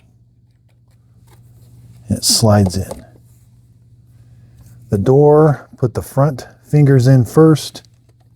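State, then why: Not seated. A mop roller is being fitted into a Roborock Curv 2 Flow robot vacuum, front end first, while someone talks over faint handling noises. Nothing has seated or clicked into place yet.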